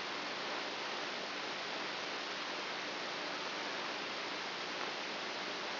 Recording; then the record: brain microelectrode recording played as sound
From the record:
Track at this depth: inside the subthalamic nucleus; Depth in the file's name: 5.64 mm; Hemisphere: right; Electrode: 2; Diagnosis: Parkinson's disease